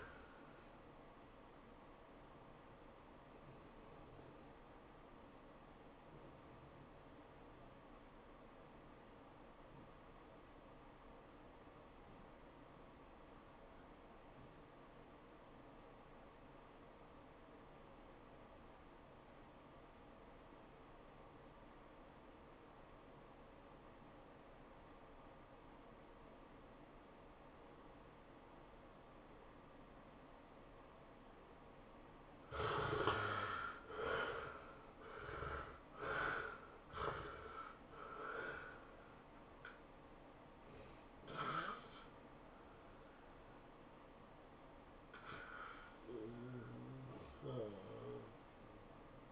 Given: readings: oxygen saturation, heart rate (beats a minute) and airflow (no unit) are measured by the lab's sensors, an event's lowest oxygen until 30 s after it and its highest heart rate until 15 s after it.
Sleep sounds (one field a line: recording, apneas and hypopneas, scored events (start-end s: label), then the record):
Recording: breathing in sleep by a voice recorder at the bedside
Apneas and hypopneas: 1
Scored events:
4.00-32.30 s: obstructive apnea (REM, oxygen 94% highest, then 64% lowest, heart rate 109 at the start, 116 highest)
From the record:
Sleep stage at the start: REM sleep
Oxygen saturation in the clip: 60 to 94%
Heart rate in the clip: 73 to 118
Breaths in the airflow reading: 6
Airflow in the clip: -19.0 to 10.7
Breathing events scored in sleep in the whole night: 403 in 5.5 hours asleep